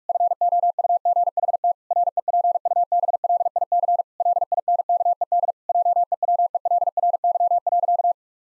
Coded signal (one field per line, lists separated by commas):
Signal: Morse code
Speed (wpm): 46 wpm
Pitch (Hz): 700 Hz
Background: none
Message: FOUGHT REPUBLIC LINKED JEWELRY.